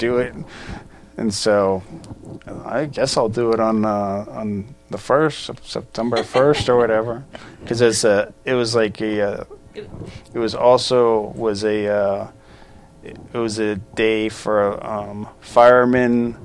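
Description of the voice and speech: Adult man's halting conversational speech with repeated 'uh', restarts and long word-finding pauses, typical of mild aphasia after stroke.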